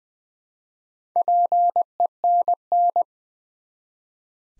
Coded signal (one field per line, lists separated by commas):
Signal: Morse code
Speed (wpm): 20 wpm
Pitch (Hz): 700 Hz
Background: none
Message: PENN